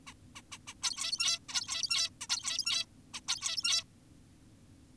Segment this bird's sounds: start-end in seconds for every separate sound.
0.07-0.14, 0.36-0.42, 0.52-0.58, 0.68-0.74, 0.83-1.39, 1.49-2.10, 2.21-2.27, 2.30-2.86, 3.14-3.21, 3.28-3.84